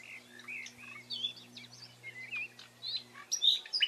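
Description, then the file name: Common nightingale song, a varied run of whistled, chirping and slurred phrases changing every fraction of a second, with a steady low hum underneath. "Luscinia megarhynchos"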